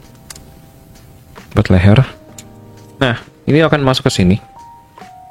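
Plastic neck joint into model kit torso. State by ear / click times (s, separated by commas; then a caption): not seated / none. Someone handles the plastic neck piece of a snap-fit Gundam model kit and lines it up with its socket on the torso, with a few faint plastic ticks heard near 0.3, 1.4, 2.4 and 5.0 s. Someone talks. The neck has not seated or clicked into the torso yet.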